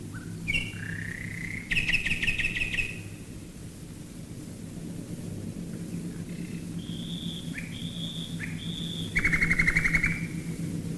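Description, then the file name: Common nightingale singing rich phrases: a rising note, a fast pulsed trill, a few pure held whistles, then another rapid trill, with deep engine drone throughout. Nightingales singing while bombers fly overhead, recorded in 1942. "nightingales and bombers 1942"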